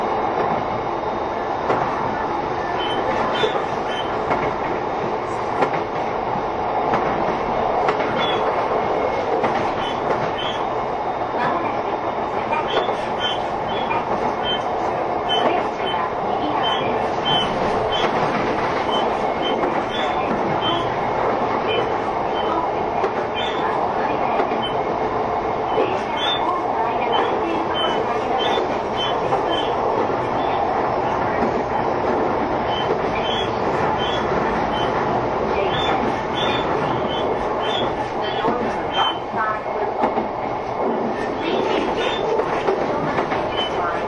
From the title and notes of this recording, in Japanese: 相鉄12000系 相鉄・埼京線特急・普通 01/01:海老名～新宿。相鉄・埼京線直通＂特急・普通＂の列車走行音。